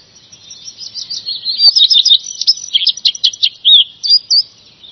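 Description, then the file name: Redstart singing a continuous, jumbled high twitter of quick chirps and slurred notes, growing louder midway before tapering off. "roodstaart"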